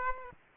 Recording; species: mosquito wingbeat signal from an infrared sensor; Aedes aegypti